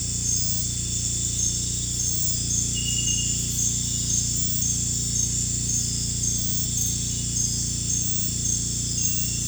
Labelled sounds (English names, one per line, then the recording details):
none
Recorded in pastures near Puerto Asís, Putumayo, Colombia, on 16 December 2024 at 00:30
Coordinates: 0.466, -76.322
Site G040